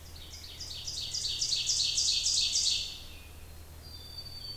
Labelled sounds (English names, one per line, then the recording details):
Ovenbird song
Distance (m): 20 m
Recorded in boreal forest in Alberta, Canada, on 27 June 2016 at 07:56
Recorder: SongMeter 3, array SBT-6-79
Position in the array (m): 50 m, 130 m
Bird 40